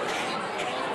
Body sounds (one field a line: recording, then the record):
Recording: coughing mixed with background sound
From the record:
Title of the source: 61 morning phlegmy cough...again